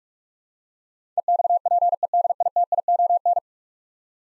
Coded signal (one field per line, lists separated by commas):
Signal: Morse code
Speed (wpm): 46 wpm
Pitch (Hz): 700 Hz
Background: none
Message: EXPEDITION